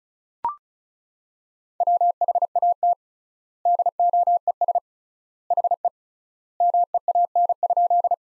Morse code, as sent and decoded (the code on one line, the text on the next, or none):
.-- .... .- - / -.. --- . ... / .... . / -- . .- -. ..--..
WHAT DOES HE MEAN?